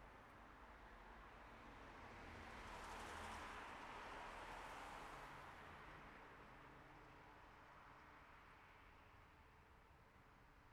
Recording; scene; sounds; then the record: everyday scene through a hearing-aid microphone; in traffic; traffic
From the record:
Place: city secondary road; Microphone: behind the ear, left, rear